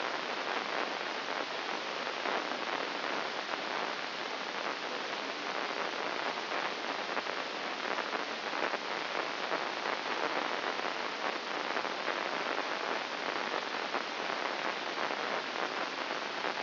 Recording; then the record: brain microelectrode recording played as sound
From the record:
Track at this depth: inside the subthalamic nucleus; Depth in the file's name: 4.901 mm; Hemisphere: left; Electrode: 2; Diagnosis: Parkinson's disease